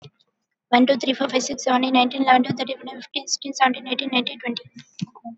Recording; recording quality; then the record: counting at a fast pace; moderate, slight background noise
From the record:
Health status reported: COVID-19 positive, mild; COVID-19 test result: positive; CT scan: not taken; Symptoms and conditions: cold, fever, muscle pain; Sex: female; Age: 19 years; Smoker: no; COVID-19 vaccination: one dose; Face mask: not worn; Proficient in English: yes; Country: India